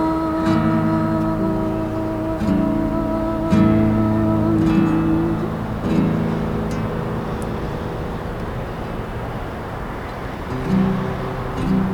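Continuous road traffic on the Río Piedad viaduct: a steady, fairly loud roar of passing vehicles with low droning engine tones that shift and swell, then ease into a broader wash of noise.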